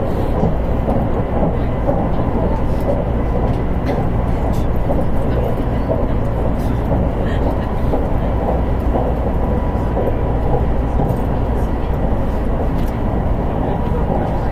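Running sound recorded aboard a Nankai 50000 series electric train between Rinku Town and Namba. A steady, dense low rumble and roar fills all fifteen seconds at an even level, with faint brief clicks and rattles scattered through and a thin whine above.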